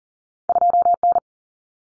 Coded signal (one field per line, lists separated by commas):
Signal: Morse code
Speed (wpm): 40 wpm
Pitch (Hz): 700 Hz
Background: none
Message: 2N